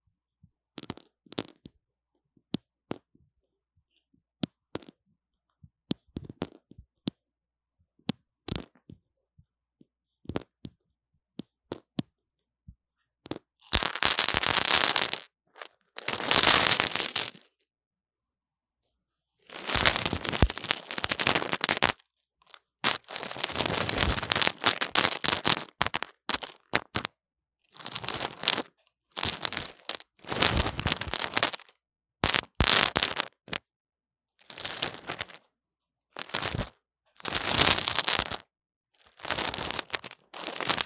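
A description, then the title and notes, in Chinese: A wired microphone being handled and fiddled with, producing crackly, grainy noises. The first dozen seconds hold sparse, sharp ticks and pops; from about 13 seconds dense bursts of rough scraping and rustling take over, coming in irregular clusters separated by brief silences. 各種玩弄線麥-各種顆粒聲。Lo-fi Earphone Mic。No Talking。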